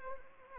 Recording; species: mosquito wingbeat signal from an infrared sensor; Anopheles arabiensis